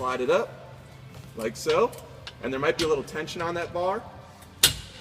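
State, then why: Seated. Someone talks while the long bimini arm on the other side of a Cobalt Dagger tower is pulled under tension toward the tower receiver. At 4.6 s a sharp click is heard as the arm clips into the receiver and seats.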